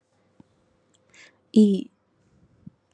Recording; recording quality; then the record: sustained vowel as in beet; excellent, no background noise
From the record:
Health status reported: COVID-19 positive, moderate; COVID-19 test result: positive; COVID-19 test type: RT-PCR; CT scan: not taken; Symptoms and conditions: cough, cold, breathing difficulty, fever, muscle pain, loss of smell and taste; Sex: female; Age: 27 years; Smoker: no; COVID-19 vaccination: both doses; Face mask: not worn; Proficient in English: yes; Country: India